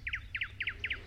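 Thrush nightingale song phrase: sharp chirping notes in quick pairs, repeated steadily about four times in a second, over a low background hum.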